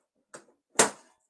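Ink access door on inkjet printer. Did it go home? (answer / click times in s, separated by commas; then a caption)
yes / 0.3 s, 0.8 s. The plastic ink access door on an inkjet printer, a second printer whose cartridges were already clicked into place, is closed. A softer click comes at 0.3 s and a louder, sharper snap at 0.8 s. The door latches shut.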